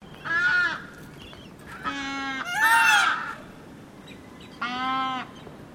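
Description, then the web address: Birds calling, four nasal, honking calls spaced irregularly over several seconds, over faint background hiss. Mixed bird calls. "Sound Effects-Foundation 1 BIRDS MIXED CALL"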